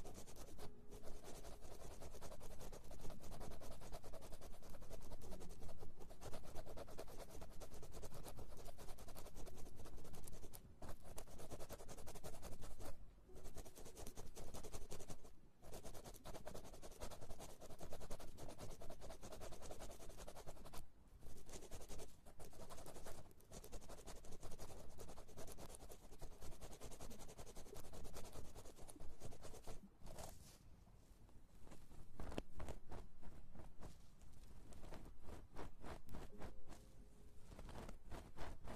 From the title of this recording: Ear Massage